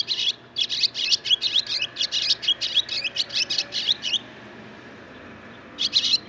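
Barn swallow song, a fast continuous twittering chatter of rasping high notes lasting several seconds, then a pause and a short final burst.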